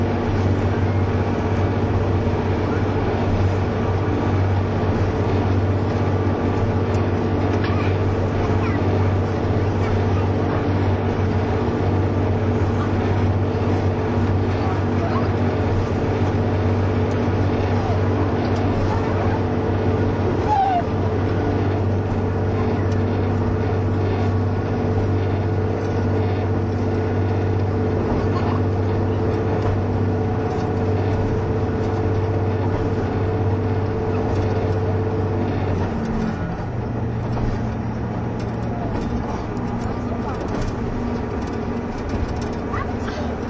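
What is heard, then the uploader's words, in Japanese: Steady low rumble inside a moving diesel train, engine drone holding constant, then shifting lower around thirty-six seconds as it changes pace. キハ71系 ゆふいんの森03号02 日田～由布院。走行音(音の旅)。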